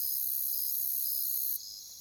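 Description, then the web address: Crickets in a brief, steady high-pitched drone that suddenly thins and quietens near the end. "Nature Songs Nature Sounds Sounds of Nature Collection Crickets"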